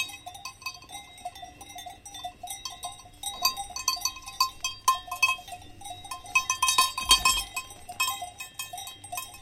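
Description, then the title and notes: Grazing cows with bells, clanks growing busier, and a loud clattering burst with a low thump near the seventh second. Cows feeding with clanking cow bells on a walk at Valle Pramper in the Dolomites. "The curious cows of Valle Pramper. On a walk in the Dolomites at Valle Pramper, we record cows feeding, with the clank of their cow bells. Recorded by Cities and Memory"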